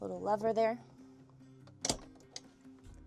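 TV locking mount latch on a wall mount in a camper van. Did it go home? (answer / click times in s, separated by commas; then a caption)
released / 1.9 s. Someone talks over background music, then a small release lever is pulled on the locking wall mount holding a 24-inch TV in a camper van. A sharp metallic click sounds at 1.9 s, and the mount unlocks and releases the TV.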